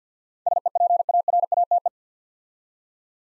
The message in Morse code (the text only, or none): SEPARATE